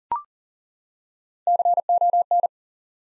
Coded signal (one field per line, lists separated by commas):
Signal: Morse code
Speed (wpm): 41 wpm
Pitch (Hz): 700 Hz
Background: none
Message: CON